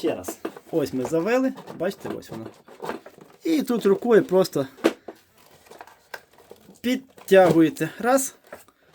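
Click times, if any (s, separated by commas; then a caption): none. A harness strap on an Evenflo EveryStage child car seat is handled after being threaded back in and is pulled up once by hand, while someone talks. Short soft taps and crinkles come from the plastic and strap between the speech. Nothing has seated or clicked yet.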